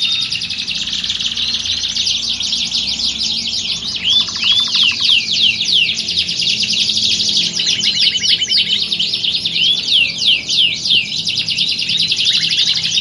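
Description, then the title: Canary pouring out rapid high trills and chattering notes in one continuous stretch, with a brief lower rattling trill partway through. Belgian canary; warm-up song used to train canaries for singing contests and build a champion bird's confidence. "Canto Para Esquentar Canário Belga. Simulasi Lomba Kenari. Suara Kenari Lomba. Melatih Mental Kenari Juara"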